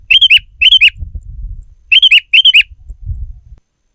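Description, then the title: Sooty-headed bulbul giving four quick bubbly phrases in two pairs, each a few bright notes, over faint low rumbling. "kutilang"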